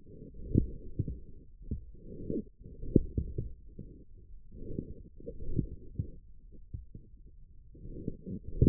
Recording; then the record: forearm muscle sounds (acoustic myography)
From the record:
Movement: forearm pronation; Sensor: system 1, eight BSWA MPA416 microphones around the upper forearm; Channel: 7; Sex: male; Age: 41 years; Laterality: right